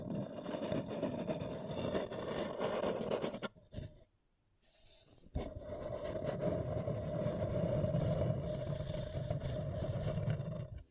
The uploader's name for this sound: Paper Cup Tingles